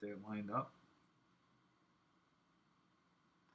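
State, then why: Not seated. On a 2019 16-inch MacBook Pro, a wireless antenna coaxial connector sits lined up on its post on the wireless card, ready to be pressed down with the flat end of a plastic spudger. Someone talks briefly at the start, then only a faint, steady low background hum remains for the rest of the clip. Nothing has seated or clicked yet.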